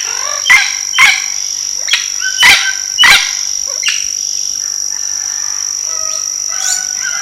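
Bird giving several loud, abrupt harsh calls, then quieter notes, with a continuous high whine behind.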